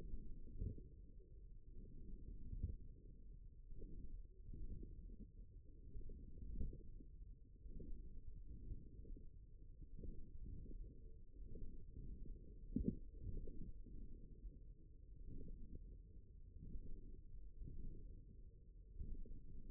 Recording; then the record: forearm muscle sounds (acoustic myography)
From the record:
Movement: forearm pronation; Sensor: system 1, eight BSWA MPA416 microphones around the upper forearm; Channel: 7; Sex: male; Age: 54 years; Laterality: right